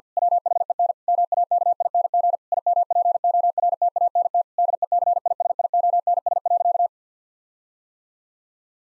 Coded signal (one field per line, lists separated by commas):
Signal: Morse code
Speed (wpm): 47 wpm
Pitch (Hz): 700 Hz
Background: none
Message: WHEN MAKING IMPORTANT DECISIONS.